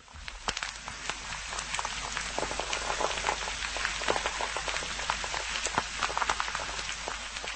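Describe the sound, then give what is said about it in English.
An egg frying in olive oil: a steady, dense sizzle filled with rapid crackles and sharp pops, fairly loud and continuous throughout, with no voices. “I also quite enjoy listening to food being cooked, particularly the egg.”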